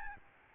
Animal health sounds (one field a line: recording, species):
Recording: mosquito wingbeat signal from an infrared sensor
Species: Aedes albopictus